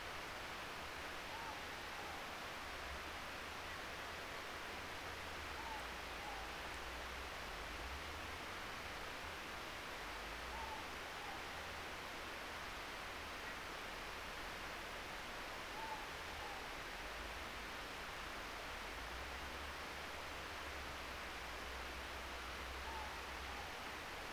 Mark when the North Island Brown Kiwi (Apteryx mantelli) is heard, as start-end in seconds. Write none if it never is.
none